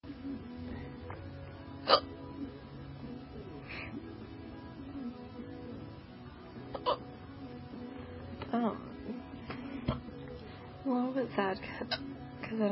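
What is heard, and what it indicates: An adult's speech is interrupted by several sharp, abrupt hiccup bursts, each a sudden involuntary catch.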